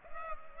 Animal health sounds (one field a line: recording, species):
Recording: mosquito wingbeat signal from an infrared sensor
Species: Culex pipiens